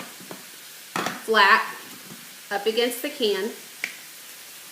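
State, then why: Seated. The handle of a manual can opener is pulled shut on the rim of a can while someone talks, and a sharp click is heard at 3.8 s. The opener locks into place on the can.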